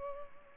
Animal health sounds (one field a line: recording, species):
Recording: mosquito wingbeat signal from an infrared sensor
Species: Culex pipiens